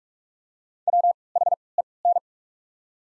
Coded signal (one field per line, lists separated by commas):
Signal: Morse code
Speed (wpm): 48 wpm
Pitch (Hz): 700 Hz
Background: none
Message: W H E N